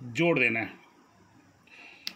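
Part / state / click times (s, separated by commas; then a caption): speaker cable plug into matching socket on tower speaker / seated / 2.1 s. Someone talks as a color-matched red-to-red speaker cable plug is pushed into its matching socket between the units of a DJ Stone Dhamaka ring light multimedia DJ tower speaker. After a quiet pause and a faint rustle, a sharp click sounds at 2.1 s as the connector locks into place.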